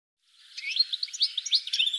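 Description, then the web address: Bird twittering after a short silence, quick high chirps tumbling together in a brief burst. "cianscape birddata"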